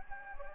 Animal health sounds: mosquito wingbeat signal from an infrared sensor; Anopheles gambiae

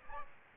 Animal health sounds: mosquito wingbeat signal from an infrared sensor; Aedes aegypti

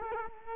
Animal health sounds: mosquito wingbeat signal from an infrared sensor; Culex quinquefasciatus

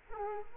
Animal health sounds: mosquito wingbeat signal from an infrared sensor; Culex quinquefasciatus

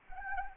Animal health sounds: mosquito wingbeat signal from an infrared sensor; Anopheles arabiensis

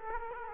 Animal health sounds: mosquito wingbeat signal from an infrared sensor; Culex quinquefasciatus

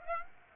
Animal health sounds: mosquito wingbeat signal from an infrared sensor; Aedes aegypti

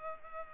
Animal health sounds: mosquito wingbeat signal from an infrared sensor; Culex pipiens

